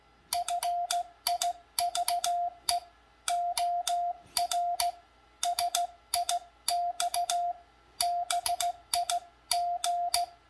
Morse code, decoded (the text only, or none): FIVE OR SIX BIG